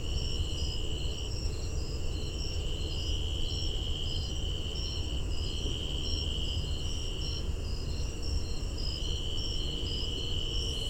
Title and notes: Tree Cricket recorded near Visitor Center of Patuxent Research Refuge September 8, 2015 at 8:02pm. Temperature about 82 degrees.